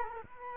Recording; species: mosquito wingbeat signal from an infrared sensor; Culex quinquefasciatus